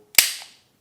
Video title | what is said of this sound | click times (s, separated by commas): Canik MC9 Upgraded Mag/Grip Review | when you seat it correctly, you get a very audible click, which I quite like. | 0.2 s